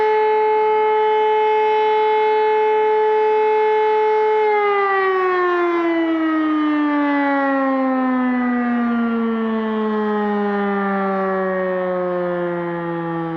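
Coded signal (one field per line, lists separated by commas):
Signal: siren signal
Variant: E57 electromechanical siren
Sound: loud steady siren wail for about four seconds, then slowly winding down in pitch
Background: outdoor ambience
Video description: Monatlicher Probealarm der Feuerwehrsirenen in Alfter am 20.03.2021 um 11.45 Uhr mit dem Signal "Feueralarm".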